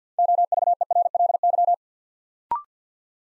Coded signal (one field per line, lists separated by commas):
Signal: Morse code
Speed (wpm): 50 wpm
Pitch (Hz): 700 Hz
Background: none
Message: OVERLY